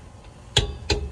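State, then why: Torque reached. A torque wrench set to 59 ft-lb is pulled on a rear strut bolt of a 2014 Corolla during a rear strut replacement. It gives two sharp clicks at 0.6 s and 0.9 s over a low background hum. The clicks confirm the bolt is at the set torque, and the result is approved.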